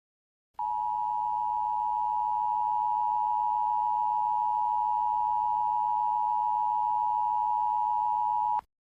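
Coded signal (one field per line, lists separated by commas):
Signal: Emergency Alert System (SAME) tones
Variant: 853 and 960 Hz attention tone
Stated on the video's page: Fictional EAS scenario about a hurricane striking Miami.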